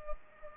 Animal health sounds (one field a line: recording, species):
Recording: mosquito wingbeat signal from an infrared sensor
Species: Culex pipiens